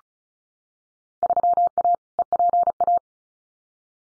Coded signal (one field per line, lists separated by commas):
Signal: Morse code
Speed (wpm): 36 wpm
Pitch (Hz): 700 Hz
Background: none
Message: 3A EPA